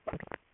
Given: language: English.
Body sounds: throat vibration sensor signal played as sound; swallow

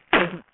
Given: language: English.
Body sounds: throat vibration sensor signal played as sound; cough

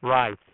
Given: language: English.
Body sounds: throat vibration sensor signal played as sound; speech

